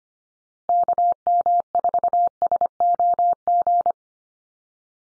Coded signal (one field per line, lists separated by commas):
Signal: Morse code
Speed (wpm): 25 wpm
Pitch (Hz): 700 Hz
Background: none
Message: KM4SOG